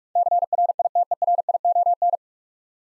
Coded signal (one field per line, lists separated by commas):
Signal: Morse code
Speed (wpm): 44 wpm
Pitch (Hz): 700 Hz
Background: none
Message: CRITERION